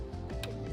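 A PCIe power cable plug is pushed into a graphics card's power socket until its latch catches on the lip, seating the connector. A short, sharp click at 0.4 s stands out over steady background music. The GPU power connector is clicked in and seated.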